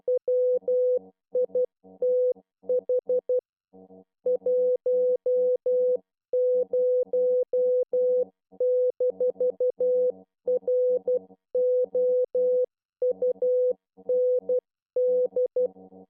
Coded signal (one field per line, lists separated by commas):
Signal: Morse code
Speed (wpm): 12 wpm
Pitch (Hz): 500 Hz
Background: none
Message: WITH 10-ROUND